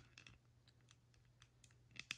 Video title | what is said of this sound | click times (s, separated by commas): 1:64 DieCast Masters Cat 420XE Backhoe | that snaps in there | 2.1 s